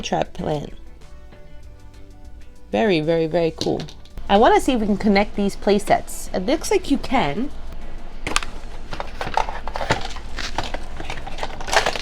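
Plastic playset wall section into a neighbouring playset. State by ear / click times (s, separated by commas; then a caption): not seated / none. A plastic wall section of a Hotel Transylvania 3 Summer Vacation Ghostly Goodnight play set is handled against a neighbouring playset to connect them, while someone talks over background music. Brief, sharp plastic knocks and rattles are heard from about 8.4 s to the end. Nothing has seated or clicked yet.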